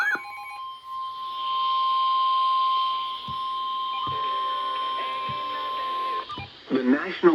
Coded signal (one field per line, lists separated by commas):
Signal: Emergency Alert System (SAME) tones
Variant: 1050 Hz attention tone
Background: speech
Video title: EAS #964 & #965 Severe Thunderstorm Warnings